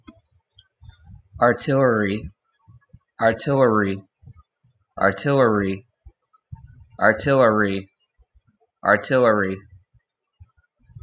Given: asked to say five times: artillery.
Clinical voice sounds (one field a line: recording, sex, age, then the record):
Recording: repeated word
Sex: male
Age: 30 to 39 years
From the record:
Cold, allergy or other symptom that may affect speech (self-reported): yes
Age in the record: 33 years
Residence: Georgia, United States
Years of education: 18